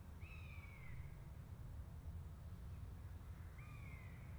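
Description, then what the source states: Two drawn-out downslurred buzzard mews, separated by a few seconds of quiet, heard over heavy low-frequency noise. A pair of buzzards.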